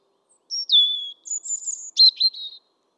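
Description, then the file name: European robin song phrase: a thin descending whistle, then a high drawn-out note and a fast twittering flourish, lasting about two seconds. "Erithacus rubecula"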